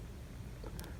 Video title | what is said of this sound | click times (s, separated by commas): ER Models Baldwin RF-16 will it run? | They should go just like that. They should just snap into place. | 0.8 s